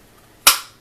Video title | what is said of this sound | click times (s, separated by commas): My Holsters Review | now you'll hear the pop this is this is where you know it's a good kydex holster | 0.5 s